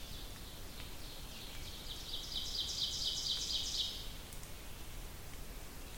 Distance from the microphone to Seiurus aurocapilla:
about 50 m